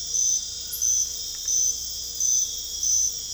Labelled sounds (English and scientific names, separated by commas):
none